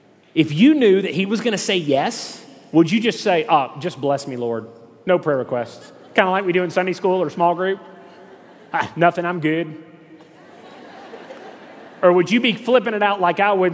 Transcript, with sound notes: If you knew that He was going to say “yes,” would you just say, “Ah—just bless me, Lord—no prayer requests”? Kind of like we say in Sunday school or small group... “Nothin’, I’m good!” (laughter) Or, would you be flippin’ it out like I would, saying: